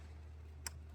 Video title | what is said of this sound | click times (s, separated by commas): (DIY) How to Replace Spark Plugs on a 2011–2017 Jeep Compass (SAVE MONEY!) | You hear the click. That's what we want to hear for the coil packs. | 0.7 s